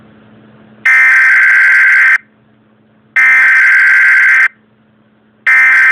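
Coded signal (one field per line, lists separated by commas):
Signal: Emergency Alert System (SAME) tones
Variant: header bursts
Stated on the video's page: National Emergency Alert System test.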